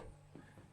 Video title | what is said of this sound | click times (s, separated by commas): Minn Kota Riptide Terrova Installation and Buying Guide | And there she is, she's locked on. | 0.4 s